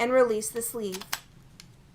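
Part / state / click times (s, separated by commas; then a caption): hex mandrel into quick-disconnect sleeve of a pole insertion tool for a power driver / seated / 1.6 s. Someone talks while the hex-shaped metal mandrel is slid into the slot of the quick-disconnect sleeve at the tip of an Advanex KATO Tangless KHE-2CT10 pole insertion tool for a power driver, after the sleeve has been pulled back. The sleeve is released and snaps back with a single short click at 1.6 s, locking the mandrel in place.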